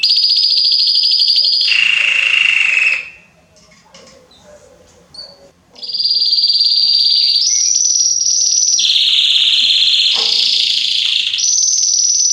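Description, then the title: Belgian canary song with long sustained trills alternating between high and lower pitches, a pause of about three seconds early on, then shifting trill tours at different heights. Male Belgian canary singing a lot, in full form; played to warm up young canaries within 30 minutes. "Esquente Seu Filhote E Canario Belga Em 30 Minutos Macho Cantando Muito. Esquente seu canrio belga em 30 minutos - Canrio Belga estourado"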